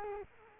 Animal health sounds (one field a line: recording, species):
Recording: mosquito wingbeat signal from an infrared sensor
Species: Culex quinquefasciatus